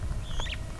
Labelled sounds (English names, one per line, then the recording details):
Superb Starling flight call
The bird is a male
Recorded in Kenya on 13 April 2009 at 09:48
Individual 6, of group CF1